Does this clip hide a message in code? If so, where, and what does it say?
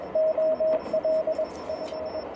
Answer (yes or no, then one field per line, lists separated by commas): yes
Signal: Morse code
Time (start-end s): 0.2-2.2 s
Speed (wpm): 22 wpm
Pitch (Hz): 630 Hz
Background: radio noise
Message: OL F